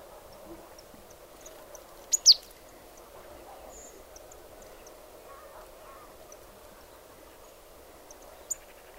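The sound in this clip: Marsh tit calls: a pair of sharp, high, descending notes near two seconds and one short note near the end, over a steady low hum.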